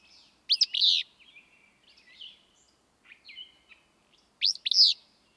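Willow flycatcher giving two loud, burry 'fitz-bew' phrases about four seconds apart, separated by quieter high twitters and short whistled notes.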